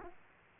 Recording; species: mosquito wingbeat signal from an infrared sensor; Aedes aegypti